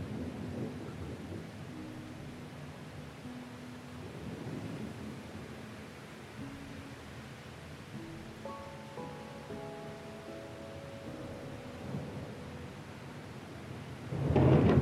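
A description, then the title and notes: Low rumbling thunder and steady rain hiss under a slow, gentle classical melody of sustained notes, with a louder crack of thunder at the very end. Relaxing THUNDERSTORM and Gentle MUSIC. The comforting sounds of thunder and rain, accompanied by gentle classical music.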